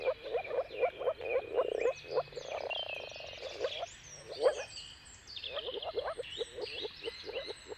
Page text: earth-fm moor frogs. Dawn’s Chorus: Mating Calls of Marsh Frogs at Sunrise. Depending on the weather at the turn of March and April, you can witness an amazing spectacle of moor frogs